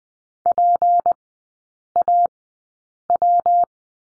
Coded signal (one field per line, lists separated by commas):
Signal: Morse code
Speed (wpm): 20 wpm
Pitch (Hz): 700 Hz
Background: none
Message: PAW